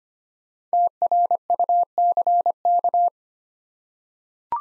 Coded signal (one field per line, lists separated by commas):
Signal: Morse code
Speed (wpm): 25 wpm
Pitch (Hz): 700 Hz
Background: none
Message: TRUCK